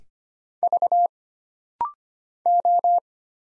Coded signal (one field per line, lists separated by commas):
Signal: Morse code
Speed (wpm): 25 wpm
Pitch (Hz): 700 Hz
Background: none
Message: V O